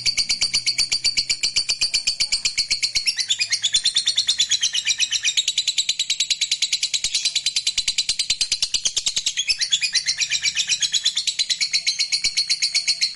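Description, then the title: Lovebird delivering a long unbroken trill, rapid high chattering pulses running on for over ten seconds with slight changes in tone. Fighter lovebird performing ngekek panjang, a long trill. "Suara Lovebird FIGHTER NGEKEK PANJANG"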